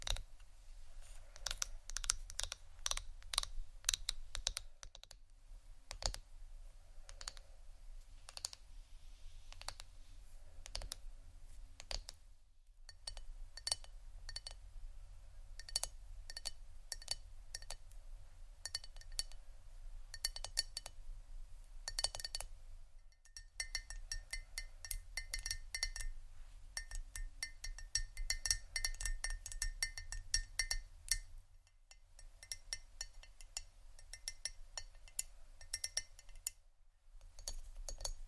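Quick, irregular tapping on wood, ceramic and other objects, crisp clicks with glassy clinks, over a steady low hum, pausing briefly around 12, 23 and 37 seconds.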